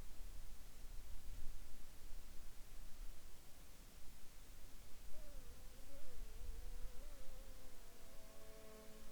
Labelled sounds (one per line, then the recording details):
insects
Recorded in the Arctic National Wildlife Refuge, Alaska, on 10 July 2021 at 13:41
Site 41